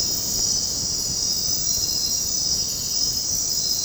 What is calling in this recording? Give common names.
none